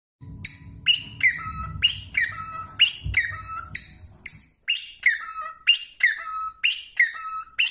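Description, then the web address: Cockatiel repeating a clear whistled phrase that falls in steps, with a low rumbling hum under the first half, then whistles alone. Cockatiel training recording. "aroos holandi cockatiel-training"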